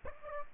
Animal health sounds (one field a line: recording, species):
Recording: mosquito wingbeat signal from an infrared sensor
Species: Aedes aegypti